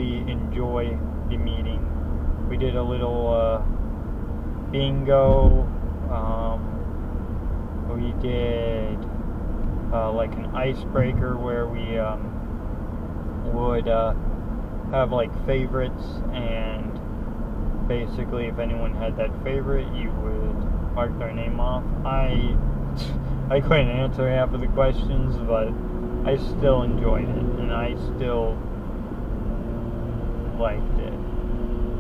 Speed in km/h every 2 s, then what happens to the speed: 56, 60, 61, 61, 64, 64, 64, 64, 63, 64, 66, 64, 63, 63, 61, 60.
0-8 speeds up to 64. 8-32 steady at about 64.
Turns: none.